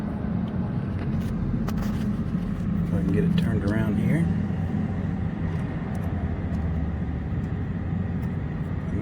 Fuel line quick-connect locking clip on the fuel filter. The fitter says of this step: all it takes right there guys you hear you heard it pop